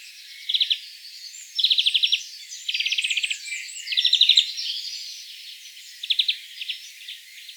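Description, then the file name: European greenfinch giving rattling trills in short bursts, with other faint twittering notes in the background. "Chloris chloris"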